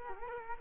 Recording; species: mosquito wingbeat signal from an infrared sensor; Culex quinquefasciatus